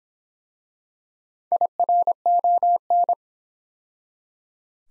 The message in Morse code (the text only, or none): IRON